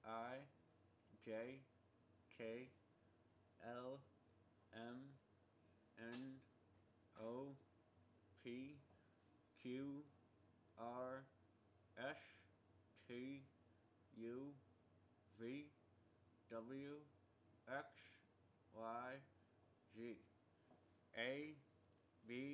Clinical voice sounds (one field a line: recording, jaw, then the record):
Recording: letters of the alphabet, spoken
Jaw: constrained by a bite bar between the teeth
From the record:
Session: first day, right after the free take